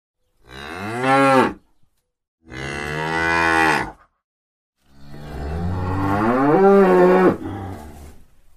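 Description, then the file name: Dairy cow lowing three times, two moderate moos followed by a longer, swelling moo that wavers in pitch before cutting off. "tieng bo sua keu"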